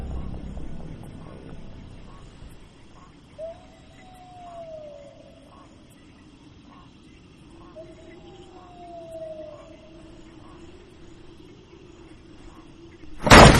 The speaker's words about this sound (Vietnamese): Cánh cửa mở tung ra, gió lùa mạnh từ ngoài vào khiến thùng rác đổ ra, tiền vàng mã bay tứ tung trong trạm xá.